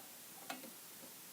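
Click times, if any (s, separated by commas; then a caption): 0.5 s. Thread is pulled to the right into the small metal chain needle thread guide on the back of a serger. A single short, bright click is heard at 0.5 s as the thread seats in the guide, followed by faint softer ticks. The thread is seated in the guide.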